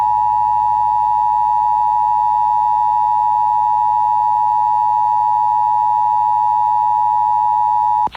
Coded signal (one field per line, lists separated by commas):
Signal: Emergency Alert System (SAME) tones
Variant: 853 and 960 Hz attention tone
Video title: EARLY-DECEMBER DESTRUCTION | EAS Alerts from 12/10/2021 (EAS #857-874)